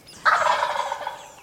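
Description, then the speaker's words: Wild Turkey gobble: one loud, gurgling burst that fades over about a second. Tom (male) gobbling in spring mating season; rubbery, gurgling sound tells nearby hens he is eager for company and warns other toms to back off. "It's spring, and the mating season is in full flush."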